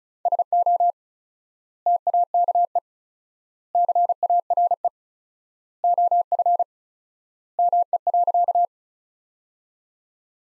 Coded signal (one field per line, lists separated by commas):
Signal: Morse code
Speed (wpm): 34 wpm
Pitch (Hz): 700 Hz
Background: none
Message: SO TAKE CARE OF ME.